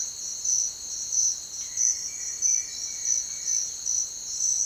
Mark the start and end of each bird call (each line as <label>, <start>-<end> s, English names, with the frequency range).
White-shouldered Antbird (1.5-2.7 kHz), 1.56-3.64 s